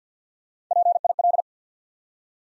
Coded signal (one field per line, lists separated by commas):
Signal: Morse code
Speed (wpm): 50 wpm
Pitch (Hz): 700 Hz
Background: none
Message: PIL